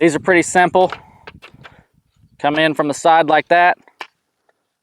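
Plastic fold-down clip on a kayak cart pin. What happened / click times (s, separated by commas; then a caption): The plastic clip snapped shut / 4.0 s. Someone talks while a plastic fold-down locking clip on a Railblaza C-Tug kayak cart comes in from the side and is folded down over the pin, with a few light taps around 1.3–1.7 seconds. The clip snaps shut with a sharp click at 4.0 seconds, leaving it seated and secured.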